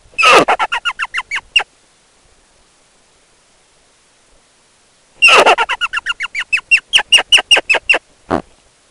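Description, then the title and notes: Rock hyrax song: a quick burst of about ten harsh notes, a pause, then a longer run of many rhythmic squealing notes ending in one separate call. "Klippegrevlingens sang by forskningno"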